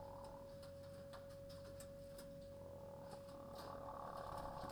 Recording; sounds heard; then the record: poultry house recording; sick chickens (respiratory disease)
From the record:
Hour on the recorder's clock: 22